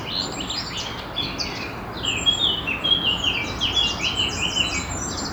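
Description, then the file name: Eurasian blackcap song, a busy stream of bright chirping and warbled phrases, loudest in the middle, with steady low background noise. "Sylvia atricapilla"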